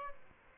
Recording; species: mosquito wingbeat signal from an infrared sensor; Aedes albopictus